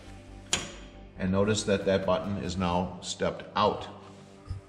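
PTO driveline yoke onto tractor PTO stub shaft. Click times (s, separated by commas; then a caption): 0.5 s. A PTO driveline yoke is slid forward on the splined tractor PTO stub shaft, and a sharp click at 0.5 s marks the spring-loaded locking button popping out and engaging the groove. Someone then talks, noting the button has stepped out and the yoke is seated.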